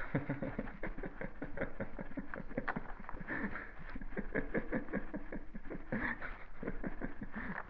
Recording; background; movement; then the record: laughter; quiet; sitting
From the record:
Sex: male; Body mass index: 22.0 kg/m2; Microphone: on the chest, facing the body